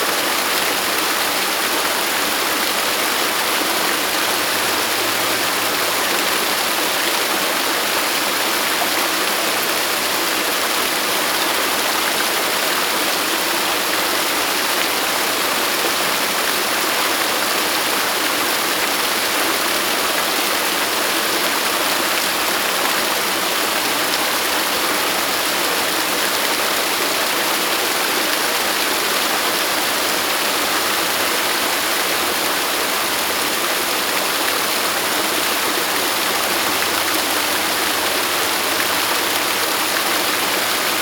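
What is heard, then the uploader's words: Waterfall spray roars steadily for the whole recording, a dense, unbroken hiss of falling water with no pauses or distinct events. The sound is bright, with a constant airy top, and only a faint low rumble underneath. Enjoying the Waterfall Spray.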